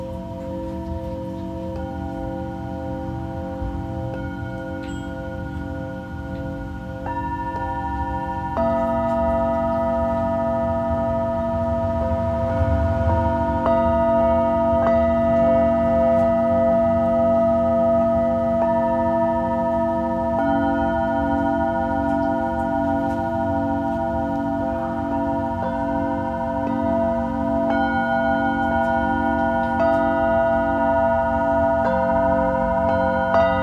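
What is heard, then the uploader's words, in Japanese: Tibetan singing bowls ring in long, overlapping steady tones with slow pulsing beats, growing fuller around nine seconds and staying sustained throughout. 夜のシンギングボウルのサウンドヒーリング。チベタンシンギングボウル。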